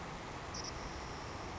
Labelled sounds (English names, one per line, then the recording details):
Savannah Sparrow
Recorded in Sonoma County, California